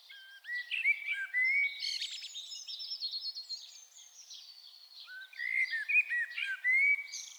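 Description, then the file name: Common blackbird singing: rich low warbled notes run into a long thin high twittering passage, then a fresh fluty phrase begins near the end. "Turdus merula"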